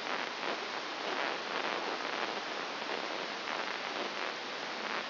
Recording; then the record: brain microelectrode recording played as sound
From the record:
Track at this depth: outside the subthalamic nucleus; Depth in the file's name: 6.301 mm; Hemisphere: left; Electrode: 2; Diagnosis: Parkinson's disease